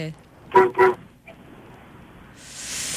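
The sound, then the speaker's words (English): A car horn gives two quick, loud honks in a row, a steady mid-pitched tone, followed by quiet background and then a rising hiss of noise. “You're that sensitive to all these car horns.”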